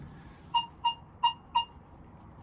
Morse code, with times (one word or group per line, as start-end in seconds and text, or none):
none